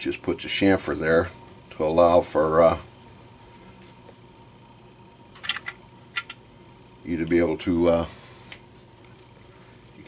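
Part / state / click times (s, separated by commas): crimp removal tool tip into cartridge case primer pocket / seated / 8.5 s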